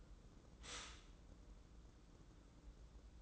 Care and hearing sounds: daily activity, microphone in the room; stop toaster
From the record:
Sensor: 3

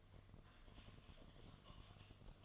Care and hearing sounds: daily activity, microphone in the room; typing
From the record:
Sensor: 4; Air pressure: 1005.2 hPa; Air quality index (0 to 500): 182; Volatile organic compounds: 5 ppm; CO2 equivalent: 1791 ppm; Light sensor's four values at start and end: 6/12/5/4 and 6/12/5/4

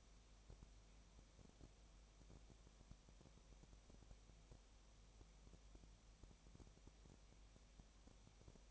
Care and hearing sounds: daily activity, microphone in the room; no activity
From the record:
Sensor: 1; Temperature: 19.7 degrees Celsius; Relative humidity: 37.0%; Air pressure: 1007.2 hPa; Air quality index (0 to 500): 144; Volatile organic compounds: 5 ppm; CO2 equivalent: 1761 ppm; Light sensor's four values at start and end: 1/2/1/1 and 1/2/1/1

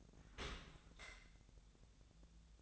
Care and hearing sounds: daily activity, microphone in the room; open dishwasher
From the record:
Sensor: 3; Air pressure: 1000.5 hPa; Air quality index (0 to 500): 173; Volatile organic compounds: 3 ppm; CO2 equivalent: 1498 ppm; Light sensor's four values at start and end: 15/40/16/17 and 15/40/16/17

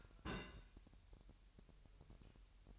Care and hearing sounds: daily activity, microphone in the room; place on stove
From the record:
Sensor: 2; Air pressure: 1001.8 hPa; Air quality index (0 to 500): 240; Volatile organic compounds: 31 ppm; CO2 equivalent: 2982 ppm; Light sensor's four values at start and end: 5/11/4/4 and 5/11/4/4

